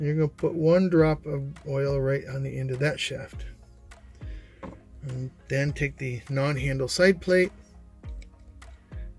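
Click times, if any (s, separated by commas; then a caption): 8.6 s. A non-handle side plate is pressed back onto the frame of a Spark Pro baitcasting reel after a drop of oil is put on the end of the shaft. Someone talks over background music, then a few small ticks are heard and the plate snaps into place at 8.6 seconds.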